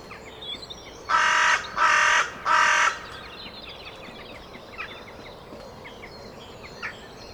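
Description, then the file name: Carrion crow giving three harsh, even caws in quick succession, with faint small-bird chirps in the background. "Corvus corone"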